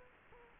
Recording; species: mosquito wingbeat signal from an infrared sensor; Culex quinquefasciatus